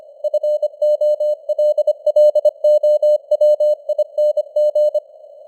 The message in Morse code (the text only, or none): FOLLOWING